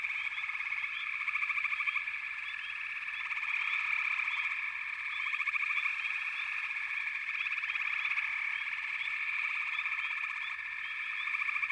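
Many frogs trilling together in a constant high-pitched chorus, with rhythmic pulsed bursts rising and fading across the recording.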